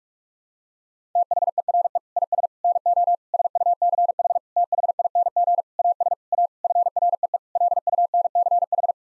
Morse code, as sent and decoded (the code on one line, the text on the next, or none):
- .... . .-. . / .. ... / -. --- / ... ..- -.-. .... / - .... .. -. --. / .- ... / .- / ..-. .-. . . / .-.. ..- -. -.-. ....
THERE IS NO SUCH THING AS A FREE LUNCH